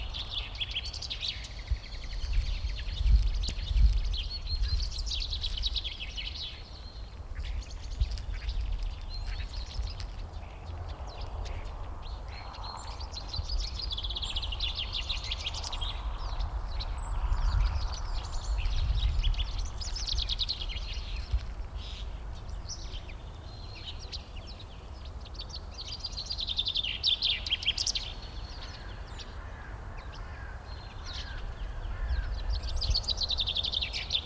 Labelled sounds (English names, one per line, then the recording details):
Common Chaffinch song
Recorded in the wild
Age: adult
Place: Schloßpark Babelsberg, Brandenburg, DE
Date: 1997-03-25 14:33
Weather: heiter, ca. 2°C
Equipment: Sony MD-WM MZ-R3, Sennheiser MKH 416 T, Kopie Uher 4000 Report Monitor
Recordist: Tembrock, Günter